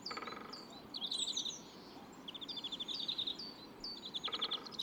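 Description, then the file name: European greenfinch calls, a run of rapid twittered trills and sharp chirps repeated in bursts, with a harsh buzzy note at the start and end. "Chloris chloris"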